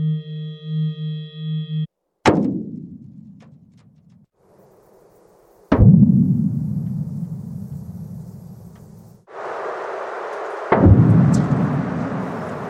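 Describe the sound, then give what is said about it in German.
Sonified seismic waves from measurements of the 1995 Kobe earthquake in Japan: after a brief steady tone, three sharp cracks each trail into a long, loud rumbling decay, the last burst hissier and brighter, with no voices. “Er veröffentlichte eine CD mit Messungen des Kobe-Bebens in Japan von 1995.”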